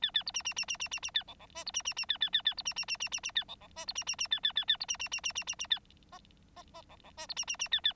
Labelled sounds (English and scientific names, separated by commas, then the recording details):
Bengalese Finch (Lonchura striata domestica) song
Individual Bird9